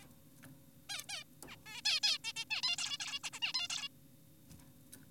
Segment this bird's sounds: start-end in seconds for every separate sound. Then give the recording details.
0.02-0.06, 0.90-1.04, 1.09-1.24, 1.48-1.56, 1.66-1.82, 1.85-2.00, 2.03-2.18, 2.24-2.33, 2.36-2.45, 2.51-2.62, 2.63-2.77, 2.78-2.98, 3.00-3.19, 3.24-3.30, 3.33-3.40, 3.42-3.53, 3.54-3.68, 3.70-3.88. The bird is an adult. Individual g4p5U